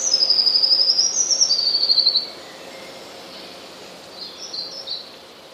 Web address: wroblowe teka spiew. modraszkoteka